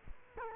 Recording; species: mosquito wingbeat signal from an infrared sensor; Culex quinquefasciatus